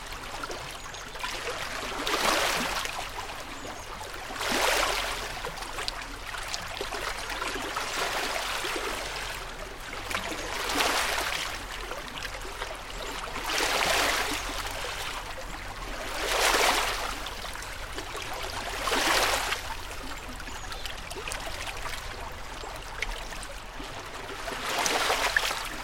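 Small waves wash onto a lakeshore every two to three seconds, each a brief hiss over a steady low rumble and trickling water.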